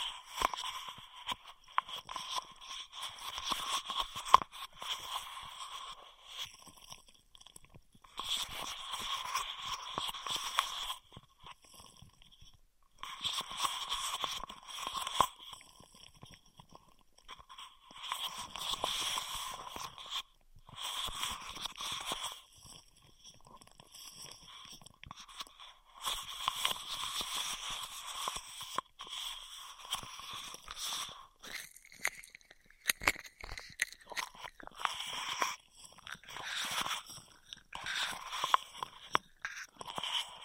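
Straw sounds come in repeated bursts of crinkly, sputtering noise, each lasting a few seconds with short silent gaps between, about every five seconds. The sound is bright and gritty with little low end. Near the end, faster squeaky, wavering tones join the crackle.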